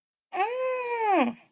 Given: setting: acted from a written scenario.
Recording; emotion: vocal sound without words; pain